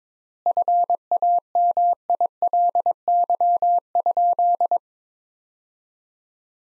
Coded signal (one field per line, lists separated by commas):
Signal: Morse code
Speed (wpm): 22 wpm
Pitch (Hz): 700 Hz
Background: none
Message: FAMILY?